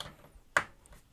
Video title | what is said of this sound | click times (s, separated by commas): Intel i5 13500 ARC A770 Thermaltake Ceres 300 MSI Tomahawk DDR4 Build LIVE | that's got really nice click also we can | 0.6 s